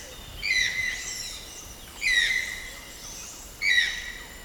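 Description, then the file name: Channel-billed toucan giving three loud, grating yelps spaced about one and a half seconds apart, with steady faint background hiss. Recorded along the Kaw road on 29 July 2008. "2008-07-29-routedekaw-toucanariel"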